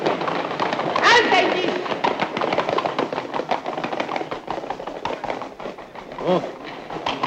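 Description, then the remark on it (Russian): The hooves of many mounted police horses clatter in a dense, rapid, uneven patter on a hard surface, with shouting voices mixed in and a brief louder burst of noise near the start. “Садили свиней на лошадей, они хрюкают.”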